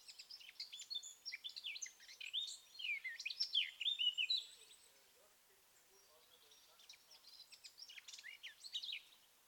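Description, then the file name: Eurasian blackcap song, a strengthening run of rich warbled notes ending abruptly, then softer chirping. "Sylvia atricapilla"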